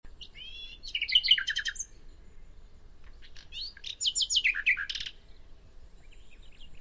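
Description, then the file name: Common nightingale song: two dense phrases of rich whistles and quick chirps with a short pause between, then a fainter closing fragment. "Luscinia megarhynchos"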